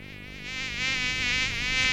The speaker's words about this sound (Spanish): He traído un mosquito para que nos haga un poco el sonido en directo. ¡Pero bueno! Efectivamente, casi casi uno de los grandes sonidos del verano